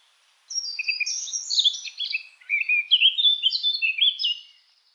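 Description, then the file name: Eurasian blackcap producing a single phrase of quick, jumbled warbling notes, some lower and fluty, lasting about four seconds. "Sylvia atricapilla"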